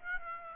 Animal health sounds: mosquito wingbeat signal from an infrared sensor; Aedes aegypti

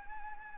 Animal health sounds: mosquito wingbeat signal from an infrared sensor; Anopheles gambiae

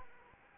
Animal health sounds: mosquito wingbeat signal from an infrared sensor; Anopheles arabiensis

